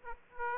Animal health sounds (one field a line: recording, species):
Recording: mosquito wingbeat signal from an infrared sensor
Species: Aedes aegypti